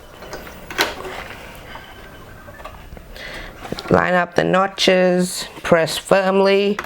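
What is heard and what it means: A DDR3 memory module is picked up and brought to the third DIMM slot of a Dell OptiPlex 790 desktop motherboard, since slots one and two are already full. Soft handling rustles and brief taps are heard, then someone talks while the notches are lined up to press it home. Nothing has seated or clicked yet.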